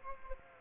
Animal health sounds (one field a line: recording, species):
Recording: mosquito wingbeat signal from an infrared sensor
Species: Aedes aegypti